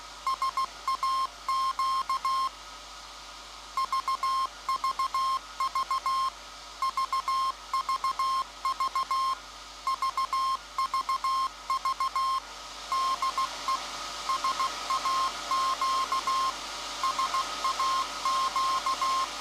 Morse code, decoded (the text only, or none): SAQ VVV VVV VVV DE SAQ SAQ